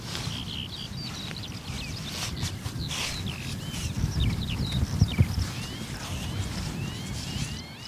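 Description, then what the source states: Eurasian Skylark singing, a long continuous stream of high chirps, trills and slurred whistles, over a low rumbling background. Played as a sound effect.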